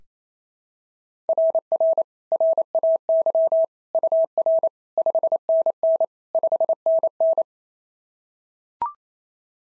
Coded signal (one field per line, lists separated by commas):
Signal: Morse code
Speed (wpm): 25 wpm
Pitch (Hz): 650 Hz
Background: none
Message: RR RAY UR 5NN 5NN